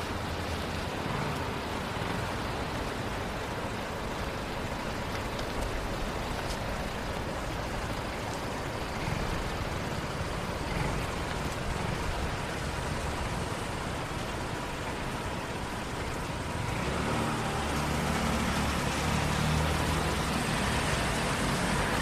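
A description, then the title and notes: A rainy downtown walk: steady hiss of rain and wet traffic throughout, with a louder vehicle rumble swelling in around seventeen seconds. Going For A Walk Downtown on A Rainy Night.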